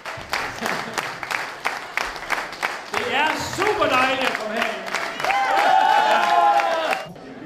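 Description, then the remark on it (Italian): Steady applause from a crowd, dense rapid clapping that swells partway through as cheering and shouting voices rise over it, then tapers off slightly at the end, as Danish People's Party leader Christian Tulsendal celebrates his campaign's 'no' victory in Denmark's December referendum. “Christian Tulsendal, leader del Partito Popolare danese formazione euroscettica di estrema destra, festeggia tra gli applausi la vittoria della sua campagna per il no al referendum che si è tenuto a dicembre in Danimarca.”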